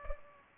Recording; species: mosquito wingbeat signal from an infrared sensor; Culex pipiens